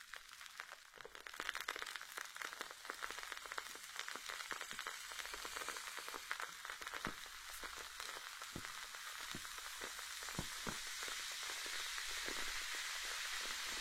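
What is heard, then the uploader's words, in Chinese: Sparkling water fizzes steadily, a dense bright hiss of tiny bubbles with scattered sharper pops throughout, continuous for the whole clip. 气 泡 水。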